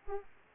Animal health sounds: mosquito wingbeat signal from an infrared sensor; Aedes aegypti

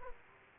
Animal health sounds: mosquito wingbeat signal from an infrared sensor; Aedes aegypti

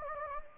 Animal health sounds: mosquito wingbeat signal from an infrared sensor; Anopheles gambiae

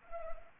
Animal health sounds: mosquito wingbeat signal from an infrared sensor; Anopheles arabiensis

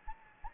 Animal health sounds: mosquito wingbeat signal from an infrared sensor; Anopheles gambiae

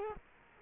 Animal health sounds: mosquito wingbeat signal from an infrared sensor; Culex quinquefasciatus

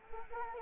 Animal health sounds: mosquito wingbeat signal from an infrared sensor; Anopheles arabiensis

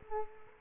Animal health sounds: mosquito wingbeat signal from an infrared sensor; Culex quinquefasciatus

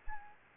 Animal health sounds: mosquito wingbeat signal from an infrared sensor; Anopheles gambiae

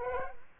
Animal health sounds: mosquito wingbeat signal from an infrared sensor; Culex quinquefasciatus

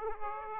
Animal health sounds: mosquito wingbeat signal from an infrared sensor; Aedes aegypti

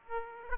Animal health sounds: mosquito wingbeat signal from an infrared sensor; Aedes aegypti

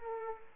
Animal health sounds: mosquito wingbeat signal from an infrared sensor; Culex pipiens

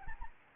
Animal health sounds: mosquito wingbeat signal from an infrared sensor; Anopheles gambiae

